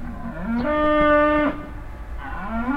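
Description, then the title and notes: Cow moo: one loud, rising then level moo lasting about a second, followed by the start of another rising moo. Cow at a farmstead near a willow in Heiderscheid, mooing constantly and loudly while moving behind a bush. "Heiderscheid - farmstead cow. At a farmstead nearby a willow. A constantly loud mooing cow and moves behind a bush. Other cows answer more silently"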